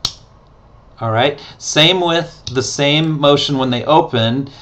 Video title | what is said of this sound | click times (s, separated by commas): Carriere SLX Opening and Closing of the Door | in the closed position over the lollipop right here they're going to feel it click and they're going to hear it | 0.0 s